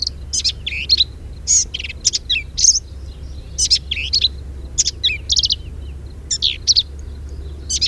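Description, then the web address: Black-capped vireo with busy, scratchy song bursts of rapid chips and twisting high notes, phrases following one another closely over a faint low rumble. Recorded at Quanah Parker Dam on 10 May 2007. "Black-capped Vireo Sounds Quanah Parker Dam 2007-0510"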